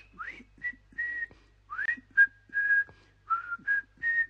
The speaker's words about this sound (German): Und wenn du mir jetzt ein Stück Schokolade gibst, dann kann ich sogar schon pfeifen. Nein, dann kann ich's essen und dann kann ich pfeifen. Soll ich mal pfeifen? Na, so geht es.